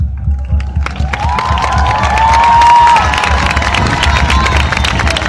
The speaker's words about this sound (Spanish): Aplauso enorme para las hermanas originarias. Agradecemos compartir este escenario.